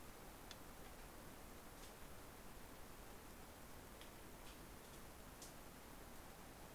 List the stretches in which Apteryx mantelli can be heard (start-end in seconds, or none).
none